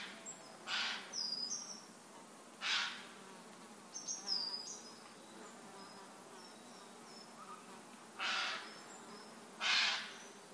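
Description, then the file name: Eurasian jay calls: four hoarse, noisy screeches spread unevenly, with high, thin twittering between them. "Garrulus glandarius"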